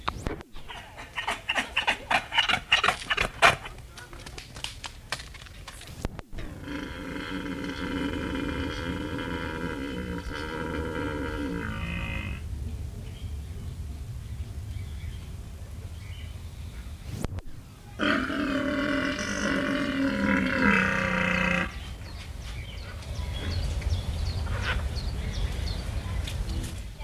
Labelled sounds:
Onager (Equus hemionus)
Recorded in captivity
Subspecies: kulan
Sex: diverse
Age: adult
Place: Zoo Halle, Sachsen-Anhalt, DE
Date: 1978-07-12 13:12
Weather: sunny, 26°C
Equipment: Uher CR 210, Sennheiser MD 421, Kopie Uher 4200
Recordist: Tembrock, Günter

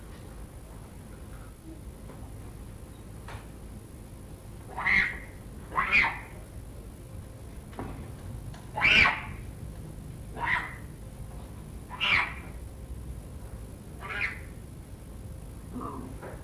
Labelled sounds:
Leopard (Panthera pardus) call
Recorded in captivity
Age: juvenile
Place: Tierpark Berlin, Berlin, DE
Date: 1962-10-20 14:00
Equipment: Minifon, Kopie Smaragd
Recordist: Tembrock, Günter

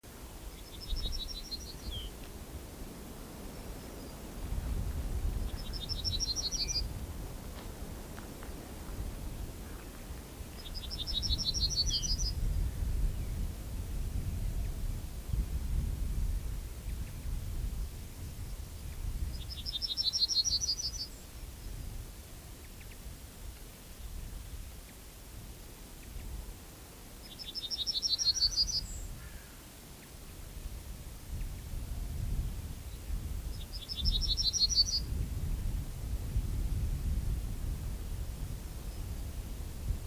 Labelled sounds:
Yellowhammer (Emberiza citrinella) song
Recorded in the wild
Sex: male
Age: adult
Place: Lüdersdorf, Barnim, Brandenburg, DE
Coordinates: 52.9206, 14.0711
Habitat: Straßenallee
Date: 2006-04-15
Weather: bedeckt, 3°C, schwacher bis mäßiger Wind aus West
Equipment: Marantz PMD 671, Sennheiser MKH 70 (-10dB), Popschutz
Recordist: Frommolt, Karl-Heinz

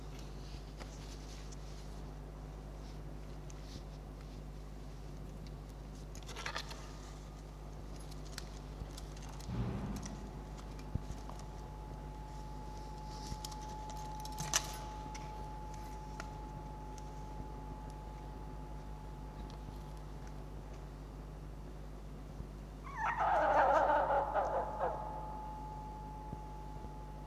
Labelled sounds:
Red Fox (Vulpes vulpes)
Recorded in captivity
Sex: diverse
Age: juvenile
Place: Zoologisches Institut der HUB, Berlin, DE
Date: 1956-05-16 12:45
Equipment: Elmetra
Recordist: Tembrock, Günter
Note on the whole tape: Molly-Welpen: Weibchen - zweimal Welpenbellserie mit Winselanlaut. Männchen: Bellserie (auf engem Raum am Fortlaufen gehindert) einmal mit Hals auf Korbrand (dumpfe Lautfolge) - danach Schnitt (vorher naher Abstand); dann auf dem Schoß des Beobachters vor dem Einschlafen: helles Quärren

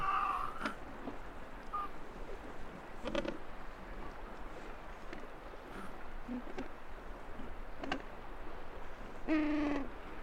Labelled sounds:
Gentoo Penguin (Pygoscelis papua) call
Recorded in the wild
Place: Brown Station, Antarctica, AQ
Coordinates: -64.54, -62.52
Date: 2018-12-25
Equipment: Olympus LS-100, Sennheiser ME66
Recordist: Beaulieu, Michaël
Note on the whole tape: In Kolonie von Eselspinguinen. Meistens brütende Vögel

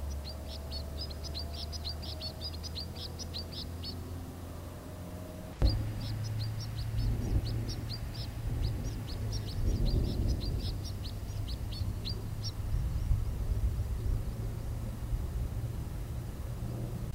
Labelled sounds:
White-winged Snowfinch (Montifringilla nivalis)
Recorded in the wild
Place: Glocknergebiet, AT
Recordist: Brunner, Thomas

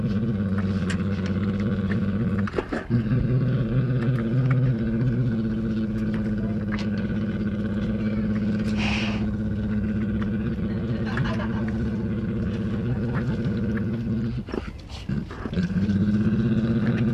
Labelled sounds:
Brown Bear (Ursus arctos) call
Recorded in captivity
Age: juvenile
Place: Tierpark Berlin, Berlin, DE
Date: 1965-01-02 12:15
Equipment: Telefunken Magnetophon 300, Sennheiser MD 421, Transistorverstärker
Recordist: Tembrock, Günter

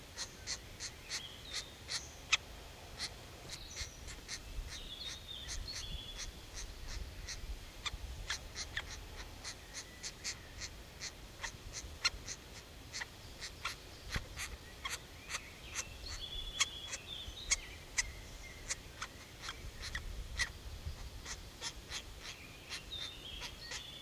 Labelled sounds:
Grey-headed Woodpecker (Picus canus) begging call
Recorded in the wild
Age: juvenile
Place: Detmold, OT Hiddesen, Teutoburger Wald, Nordrhein-Westfalen, DE
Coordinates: 51.9119, 8.82861
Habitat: dell
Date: 1969-06-17
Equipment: Uher 4000 Report-S, Bändchenmikro Beyer M 260, Parabolspiegel Polyester (470 mm)
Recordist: Conrads, Klaus
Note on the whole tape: Heidental bei Hiddesen. Jungtiere in der Höhle: bettelnd; Ausfliegetag

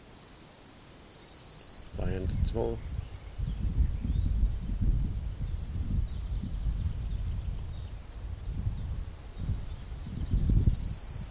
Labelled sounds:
Yellowhammer (Emberiza citrinella)
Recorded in the wild
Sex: male
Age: adult
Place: Blankenfelde, Berlin, DE
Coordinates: 52.625, 13.404
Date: 1992-05-28 10:46
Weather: sonnig, 20-24 °C, böiger Ost-Wind
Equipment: Nagra SN, Mikrofon AKG CK 8, Kopie Tesla B 116
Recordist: Tembrock, Günter

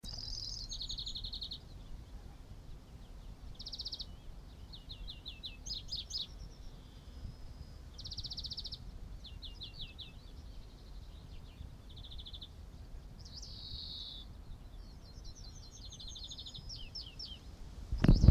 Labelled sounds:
European Greenfinch (Chloris chloris) song, Yellowhammer (Emberiza citrinella)
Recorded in the wild
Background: Emberiza citrinella
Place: Wegendorf, Brandenburg, DE
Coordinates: 52.6014, 13.7282
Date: 1988-06-17 12:50
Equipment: Uher 4000 Report, RFT DM200
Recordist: Frommolt, Karl-Heinz
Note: Zwischen Krummensee und Wegendorf, 1 km vor Wegendorf: Gesang eines Grünfinks. im Hintergrund Goldammer

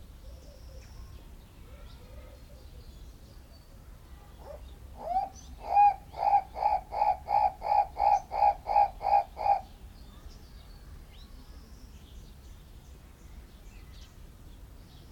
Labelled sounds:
Guinea Turaco (Tauraco persa) call
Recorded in captivity
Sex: male
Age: adult
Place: Zoo Berlin, Berlin, DE
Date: 1994-04-16 12:49
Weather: heiter, 7-12°C
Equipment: Marantz CP 430, Sennheiser ME 80, Kopie Uher Variocord 263
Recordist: Tembrock, Günter

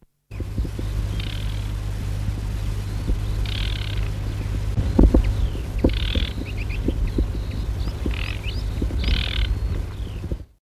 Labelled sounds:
Sedge Warbler (Acrocephalus schoenobaenus) alarm call
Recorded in the wild
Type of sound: alarm call
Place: Meisendorf, Niedersachsen, DE
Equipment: Halbspur, 9,5 cm/s
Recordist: Lütgens, Hans
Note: Warnrufe

